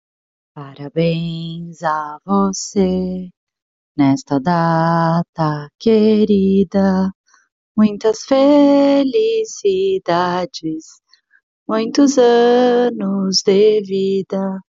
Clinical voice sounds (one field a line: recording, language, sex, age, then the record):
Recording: short text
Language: Brazilian Portuguese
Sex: female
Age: 30 to 39 years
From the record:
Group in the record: control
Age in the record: 31 years